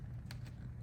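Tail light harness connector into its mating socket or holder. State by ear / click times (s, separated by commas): not seated / none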